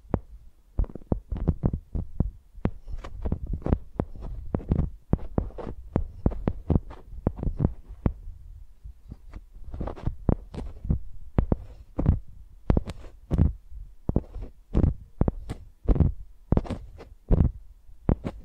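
A microphone is used like a pencil, knocking out quick, irregular thumps with sharp clicky edges, dense and steady across all eighteen seconds.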